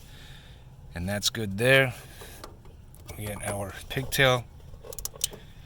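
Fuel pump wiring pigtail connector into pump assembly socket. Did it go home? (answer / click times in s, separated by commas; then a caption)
yes / 5.2 s. Someone talks as the fuel pump wiring pigtail is pushed onto its plastic connector on the pump assembly of a Hyundai Tucson during a fuel pump assembly replacement. A short series of small plastic clicks and rattles follows near the end, with the sharpest click at 5.2 s as the connector latches. The pigtail is seated and secure.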